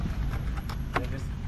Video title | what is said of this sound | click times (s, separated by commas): French Drain, Proper Place of Pop Up Emitter, Sidewalk or Curb? | this adapter slides into the PVC and just locks in place | 0.7 s, 1.0 s